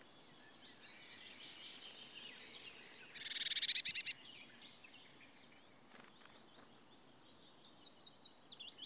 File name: Cyanistes caeruleus